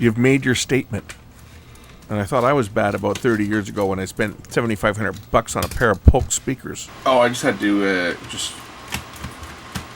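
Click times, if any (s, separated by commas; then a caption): 8.9 s. A cabinet panel is squeezed together by hand into a loudspeaker cabinet while someone talks. A sharp snap at 8.9 s marks the panel popping into place, followed by a softer knock near 9.8 s.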